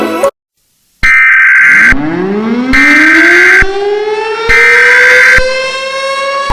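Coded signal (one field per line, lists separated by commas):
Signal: Emergency Alert System (SAME) tones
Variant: header bursts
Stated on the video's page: Fictional EAS scenario with simulated SAME alert tones.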